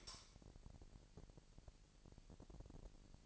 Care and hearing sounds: daily activity, microphone in the room; light on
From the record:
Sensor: 5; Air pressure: 1002.0 hPa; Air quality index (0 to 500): 229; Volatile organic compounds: 31 ppm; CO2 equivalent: 2986 ppm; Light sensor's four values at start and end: 15/36/15/16 and 16/37/15/17

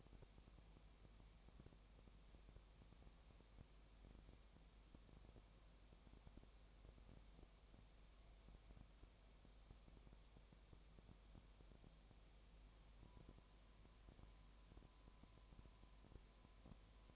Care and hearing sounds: daily activity, microphone in the room; no activity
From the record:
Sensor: 1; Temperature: 19.7 degrees Celsius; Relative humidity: 37.1%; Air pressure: 1007.2 hPa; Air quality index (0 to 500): 144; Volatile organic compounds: 5 ppm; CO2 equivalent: 1759 ppm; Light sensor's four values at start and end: 1/2/1/1 and 1/2/1/1

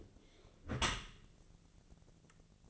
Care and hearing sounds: daily activity, microphone in the room; close dishwasher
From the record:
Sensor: 4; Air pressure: 1001.3 hPa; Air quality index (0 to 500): 177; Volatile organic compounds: 2 ppm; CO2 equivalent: 1263 ppm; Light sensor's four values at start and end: 11/26/11/11 and 12/26/11/11

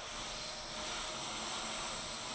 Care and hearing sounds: daily activity, microphone in the room; vacuum cleaning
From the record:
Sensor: 5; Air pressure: 999.4 hPa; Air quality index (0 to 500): 226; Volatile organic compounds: 23 ppm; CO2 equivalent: 2768 ppm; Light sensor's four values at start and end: 34/79/32/30 and 34/79/32/30

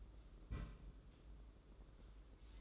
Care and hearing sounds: daily activity, microphone in the room; place on stove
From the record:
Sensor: 3

